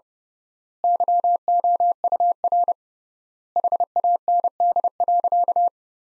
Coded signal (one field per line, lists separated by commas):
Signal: Morse code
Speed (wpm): 32 wpm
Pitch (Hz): 700 Hz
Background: none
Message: YOUR HAND.